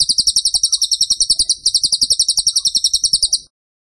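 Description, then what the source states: Bird song: a high, rattling trill of rapid even pulses with a brief dip around midway, continuing for about three and a half seconds. Masteran (training) song of a bird in tembakan style, described as gacor.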